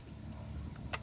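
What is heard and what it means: The metal cocking lever of a Red Ryder lever-action BB gun is pulled up against a low background rumble, with a faint tick near 0.8 seconds. At 0.9 seconds the mechanism catches with a sharp, small click, and the gun is cocked.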